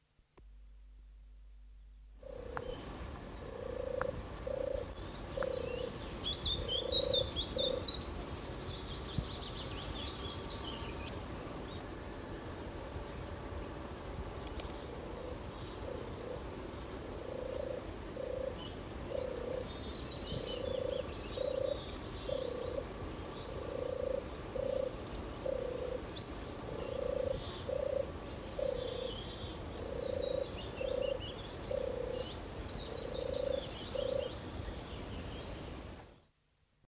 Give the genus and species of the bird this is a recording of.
Streptopelia turtur